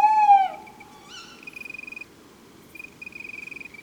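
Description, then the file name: Tawny owl opens with a loud, slightly falling hoot, followed by a rising kewick call; high, rapid pulsed trills come after it. Several owls recorded at Chanéac, Ardèche. "Chouettes-hulottes-Chaneac-Ambiances-Sonores-d Ardeche-Studio-Les-Trois-Becs"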